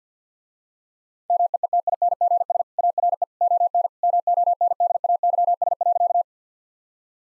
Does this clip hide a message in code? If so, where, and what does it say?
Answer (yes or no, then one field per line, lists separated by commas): yes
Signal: Morse code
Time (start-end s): 1.3-6.2 s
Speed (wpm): 50 wpm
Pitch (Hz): 700 Hz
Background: none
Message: MEETINGS ARE ON MONDAYS.